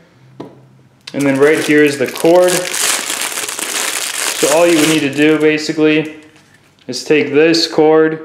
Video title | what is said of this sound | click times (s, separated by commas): Top of the line Two Way Radio DSR PRO 619D Unboxing! | all you're doing is sliding it in you'll hear the click and then just stand stationary | 0.4 s